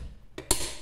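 A click-type torque wrench tightens a steel wheel bolt to 140 Nm, with a faint tick near 0.4 s before the sharp click at 0.5 s. The click confirms the bolt has reached 140 Nm.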